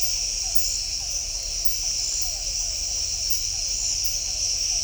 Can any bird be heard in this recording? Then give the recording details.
no. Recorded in shrubland near Pivijay, Magdalena, Colombia, on 2 June 2023 at 00:00. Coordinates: 10.453, -74.365. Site P5-G022